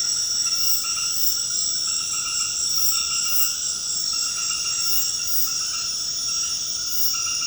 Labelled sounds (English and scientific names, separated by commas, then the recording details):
none
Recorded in secondary vegetation near Puerto Asís, Putumayo, Colombia, on 19 February 2024 at 20:30
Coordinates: 0.472, -76.331
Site G6371